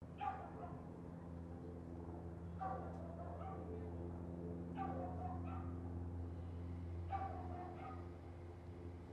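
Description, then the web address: Dog yapping in four scattered bursts of short barks over a persistent low hum and faint tonal background noise. Constant yapping dog heard as neighbourhood background ambience. "Lynne Music Neighborhood-Background-Constant-Yappy-Dog"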